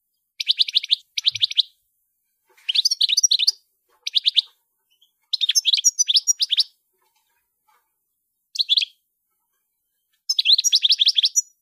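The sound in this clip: European goldfinch song in several separate bright twittering bursts, with pauses between phrases and a clean quiet background.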